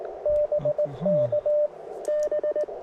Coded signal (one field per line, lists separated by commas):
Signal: Morse code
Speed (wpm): 19 wpm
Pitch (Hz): 600 Hz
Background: radio noise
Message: BK B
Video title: POTA Activation; Wind in The Pines